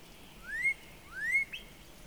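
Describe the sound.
Northern Cardinal giving two clear rising whistles, one after the other, then a brief sharp note, with little else heard besides light hiss.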